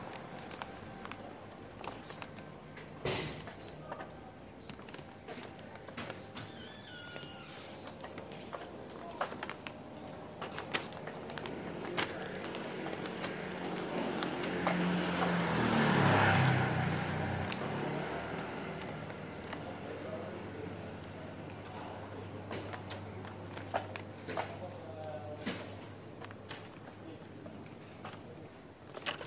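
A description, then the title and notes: A busy street in Taormina, Sicily, with scattered voices and footsteps over a steady low hum. Around the middle a vehicle passes, its engine swelling to a loud peak near sixteen seconds and fading away. Sharp clicks and small knocks recur throughout. Taormina, Sicily, Italy. Enregistrements audio réalisés en milieu urbain.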